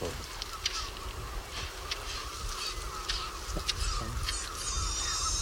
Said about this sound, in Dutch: Je hoort ze tikken? Ik hoor ze tikken. Ja, je hoort er meerdere vogels tikken, dus dit moet dat familietje zijn. Dus aan de achterkant van deze grote eerste struik. Ja, een meter of 8 afstand, denk ik.